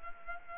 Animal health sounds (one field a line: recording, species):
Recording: mosquito wingbeat signal from an infrared sensor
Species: Culex pipiens